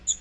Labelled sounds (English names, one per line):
Magnolia Warbler flight call